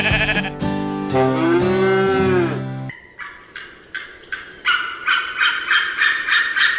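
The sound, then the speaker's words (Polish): White-tailed eagle calls at the Warsaw zoo: after a few seconds of sustained, layered tonal sound, a run of about ten loud, high, yelping notes follows in a quickening, rhythmic series. “Polacy kiedyś wybrali sobie białego orła, bo po pierwsze tutaj biliki rzeczywiście miały swoje zagłębie i tutaj były liczne.”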